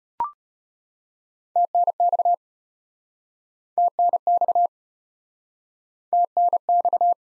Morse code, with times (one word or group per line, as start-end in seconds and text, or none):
1.6-2.3 TNX
3.8-4.7 TNX
6.1-7.1 TNX